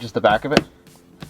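Someone talks while handling a plastic clip of an M Performance Style rear diffuser being fitted into the rear bumper of a 2013 BMW F30 335i xDrive, with the back of a ratchet used to tap the clips in. After the talk, a faint soft sound comes near 0.9 s and a short tap near 1.2 s. Nothing has snapped in or seated yet.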